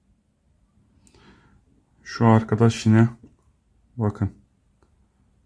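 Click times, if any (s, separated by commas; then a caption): none. A pocket knife blade on its backspring in a multitool handle is handled and moved again, with faint small ticks near 1.1 s and 4.8 s while someone talks. The blade has not snapped into position yet; nothing has seated or clicked.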